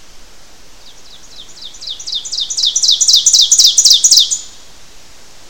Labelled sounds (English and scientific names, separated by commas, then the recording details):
Ovenbird (Seiurus aurocapilla) song
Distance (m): 5 m
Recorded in boreal forest in Alberta, Canada, on 12 June 2016 at 07:07
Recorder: SongMeter 3, array SBT-3-18
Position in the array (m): 239 m, 84 m
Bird 31